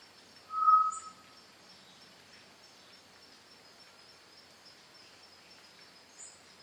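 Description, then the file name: Solitary tinamou song: one short, pure whistled note on a level pitch, then quiet with a faint high chirp near the end. "macuco"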